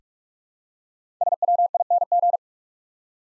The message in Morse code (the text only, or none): SWING